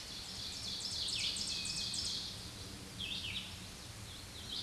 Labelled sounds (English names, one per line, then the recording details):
Ovenbird song
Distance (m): 20 m
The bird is about level with the microphone
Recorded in a Pennsylvania forest on 16 May 2024 at 07:51
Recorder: AudioMoth, point MSD-2287
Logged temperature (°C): 11.2 °C
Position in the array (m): 149 m, 2 m